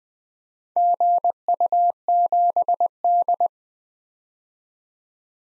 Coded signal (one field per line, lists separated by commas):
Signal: Morse code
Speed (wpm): 20 wpm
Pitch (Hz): 700 Hz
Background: none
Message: GU7D